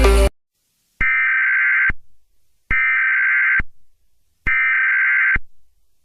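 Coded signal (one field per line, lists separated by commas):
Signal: Emergency Alert System (SAME) tones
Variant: header bursts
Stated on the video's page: Fictional EAS scenario, a simulated Halloween alert.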